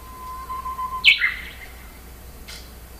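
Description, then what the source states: Japanese bush warbler song: a short level whistle that leads straight into a bright, rapid two-part flourish. A faint chirp follows later over low background noise. Dated April 2011.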